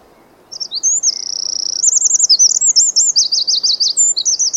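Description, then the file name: Eurasian wren song: a rapid, high, loud outpouring of sharp notes, a sustained buzzy trill, then warbling and zigzag trills running on without a pause to the end. "Troglodytes troglodytes"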